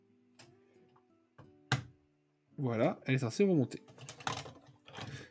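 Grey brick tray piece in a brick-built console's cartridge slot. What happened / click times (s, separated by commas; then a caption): The plastic tray springs back up with a sharp snap / 1.7 s. A grey brick tray piece in the cartridge slot of a brick-built console model is pressed down and springs back up, releasing with a sharp plastic click at 1.7 s, the loudest hit. Softer clicks and taps come before and after it, and someone talks.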